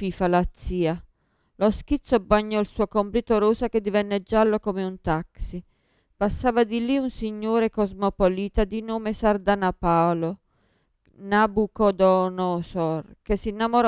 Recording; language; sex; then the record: read passage; Italian; female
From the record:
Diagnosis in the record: Parkinson's disease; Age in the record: 54 years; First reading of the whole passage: 55 s, 9.4 characters per second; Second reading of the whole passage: 50 s, 10.4 characters per second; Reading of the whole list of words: 55 s, 5.1 characters per second